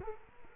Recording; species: mosquito wingbeat signal from an infrared sensor; Culex quinquefasciatus